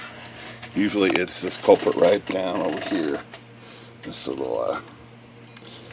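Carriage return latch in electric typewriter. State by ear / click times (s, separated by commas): not seated / none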